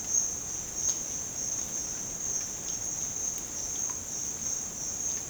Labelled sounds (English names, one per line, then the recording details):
none
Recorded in dense forest near Puerto Asís, Putumayo, Colombia, on 9 March 2025 at 14:00
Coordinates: 0.486, -76.317
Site G053